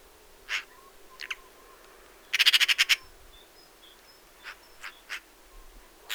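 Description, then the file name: Eurasian magpie chattering: a rapid rattle of about seven harsh, dry notes, with scattered single harsh calls before and after and thin high whistles from another bird. "Pica pica"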